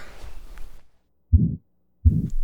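Simulated adult heart heard by stethoscope with the patient lying down: a typical systolic murmur of aortic stenosis radiating to the neck, with a diminished second heart sound. The patient presents with dizziness and fainting.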